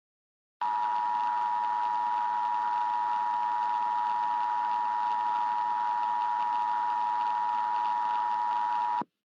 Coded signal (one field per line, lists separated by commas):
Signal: Emergency Alert System (SAME) tones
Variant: 853 and 960 Hz attention tone